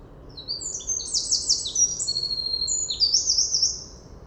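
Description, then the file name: Eurasian wren delivering a fast, shrill song of rattling trills and downward-sweeping notes, one continuous burst of roughly three seconds against a quiet hissy background. "Troglodytes troglodytes"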